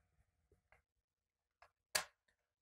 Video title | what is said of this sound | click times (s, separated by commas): The Robot Program 008 - Building Six | gonna rock it back and forth and push the rest of the way Oh so it really snaps into place there you got it | 2.0 s